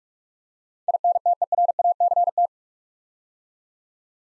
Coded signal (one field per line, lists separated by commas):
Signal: Morse code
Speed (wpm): 44 wpm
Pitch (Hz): 700 Hz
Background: none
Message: INTERACT